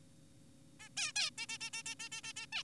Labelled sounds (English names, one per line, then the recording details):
Zebra Finch
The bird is an adult
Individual g4p5U